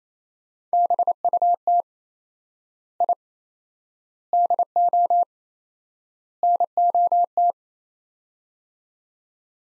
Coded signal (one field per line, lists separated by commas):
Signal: Morse code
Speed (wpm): 28 wpm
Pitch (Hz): 700 Hz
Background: none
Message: BUT I DO NOT